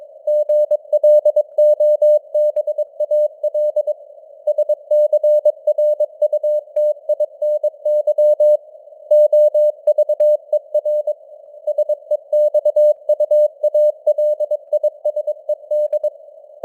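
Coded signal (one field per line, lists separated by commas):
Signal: Morse code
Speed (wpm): 22 wpm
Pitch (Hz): 600 Hz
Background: none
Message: GLOBAL SCRUTINY OVER SEXUALISED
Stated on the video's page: Morse code news headlines at 22 wpm with simulated radio noise and varying signal strength (QSB).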